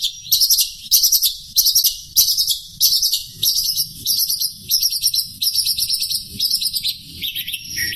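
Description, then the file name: Long-tailed shrike giving short bursts of high, scratchy chattering phrases, repeated many times in quick succession. Pet bird named Teroris, owned by Om Renaldi; the recording has 30-second pauses. "pentet-teroris-milik-om-renaldi-jeda-30-detik"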